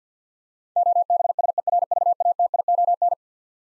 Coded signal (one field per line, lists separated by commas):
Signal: Morse code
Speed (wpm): 50 wpm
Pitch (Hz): 700 Hz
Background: none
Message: OBSERVATION